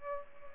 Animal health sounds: mosquito wingbeat signal from an infrared sensor; Aedes aegypti

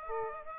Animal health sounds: mosquito wingbeat signal from an infrared sensor; Aedes aegypti

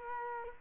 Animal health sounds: mosquito wingbeat signal from an infrared sensor; Culex quinquefasciatus

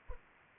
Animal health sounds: mosquito wingbeat signal from an infrared sensor; Anopheles arabiensis

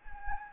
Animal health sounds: mosquito wingbeat signal from an infrared sensor; Anopheles gambiae

